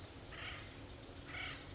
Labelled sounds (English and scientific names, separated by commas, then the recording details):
Acorn Woodpecker (Melanerpes formicivorus)
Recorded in Sonoma County, California